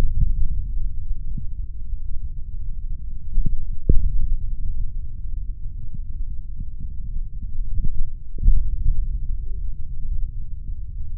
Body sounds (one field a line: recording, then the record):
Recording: forearm muscle sounds (acoustic myography)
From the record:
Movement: index flexion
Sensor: system 3, bracelet of six PUI Audio POM-2738L microphones around the upper forearm, with dedicated amplification and filtering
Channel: 5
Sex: male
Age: 26 years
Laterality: right